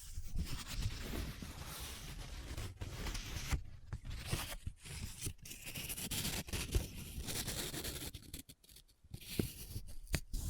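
Paper is rubbed, scratched and crinkled in a dense, uneven rustle, broken by sharp crackles and brief silent gaps near the end.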